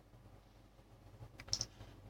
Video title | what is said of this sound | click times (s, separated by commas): Huawei Mate 9 Lcd Replacement | connector में fix कर रहे हैं, लॉकिंग। | 1.5 s